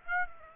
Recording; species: mosquito wingbeat signal from an infrared sensor; Aedes aegypti